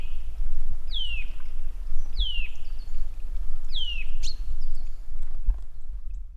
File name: Sitta europaea